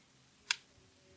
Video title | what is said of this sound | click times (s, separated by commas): limitless Marquee Mod System by Limitless Mod Company | snaps right into place, and ready to go at that point. | 0.5 s